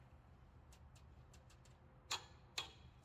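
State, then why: Torque reached. A torque wrench set to a first increment of 36 tightens the front wheel bearing locknut/spindle nut on a Mazda 323 GTX hub held in a vise, with faint light ticks as it is turned. The wrench gives a sharp click at 2.1 s when it reaches the setting, followed by a second sharp click at 2.6 s, and the nut is torqued to the setting.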